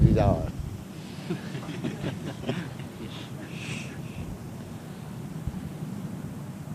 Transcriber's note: laughter